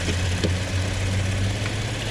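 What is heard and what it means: A low-beam H11 headlight bulb or its connector is pushed into the headlight housing of a 2006–2013 Chevrolet Impala, giving a short click at 0.4 s over a steady engine-like hum. The bulb is not yet fully seated; it is not all the way in.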